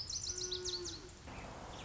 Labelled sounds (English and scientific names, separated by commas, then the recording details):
Lazuli Bunting (Passerina amoena)
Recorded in Sonoma County, California